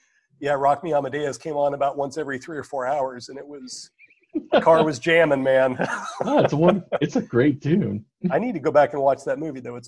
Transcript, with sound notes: And yeah, Rock Me Amadeus came on about once every three or four hours, and it was… The car was jamming, man.
[laughter] It’s a great tune.
I need to go back and watch that movie though.